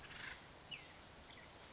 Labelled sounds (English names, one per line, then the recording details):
Acorn Woodpecker
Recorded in Sonoma County, California